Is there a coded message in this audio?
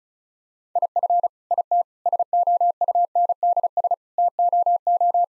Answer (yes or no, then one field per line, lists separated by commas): yes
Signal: Morse code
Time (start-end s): 0.8-5.2 s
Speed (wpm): 36 wpm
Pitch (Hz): 700 Hz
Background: none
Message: IF IT SOUNDS TOO